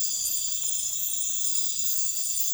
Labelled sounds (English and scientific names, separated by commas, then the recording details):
none
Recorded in dense forest near Puerto Asís, Putumayo, Colombia, on 21 February 2024 at 04:00
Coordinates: 0.505, -76.324
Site G6467